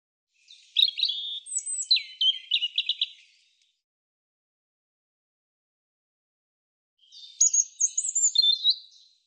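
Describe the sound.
European robin singing two phrases of high whistles and rattling trills separated by a long silence.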